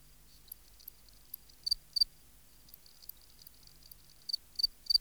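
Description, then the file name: Field cricket song: short, high-pitched chirps on one steady tone, some loud and some faint, arriving in irregular bursts of two or three against a quiet background. "Gryllus campestris"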